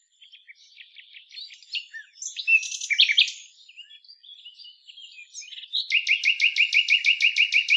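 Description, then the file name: Common nightingale singing a varied sequence of chirps and buzzy rattles, finishing with a loud, rapid run of identical repeated notes. "Luscinia megarhynchos"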